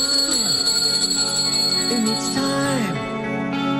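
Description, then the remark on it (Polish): A bell rings out loudly and continuously, its bright metallic tones layered and shimmering with wavering overtones for a few seconds, with no talking over it, played on a Polish Radio Trójka broadcast from Norweska Dolina in Szklarska Poręba, Poland. “A ja mam jeszcze dla Państwa dzwonek.”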